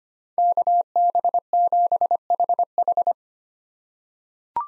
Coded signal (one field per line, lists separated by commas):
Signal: Morse code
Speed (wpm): 25 wpm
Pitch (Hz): 700 Hz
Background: none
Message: KB7HH